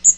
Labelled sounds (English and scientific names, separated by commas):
Magnolia Warbler (Setophaga magnolia) flight call